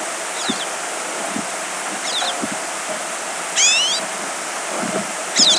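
Pine siskin calls: a few brief buzzy, twittered notes high up, over a steady background hiss.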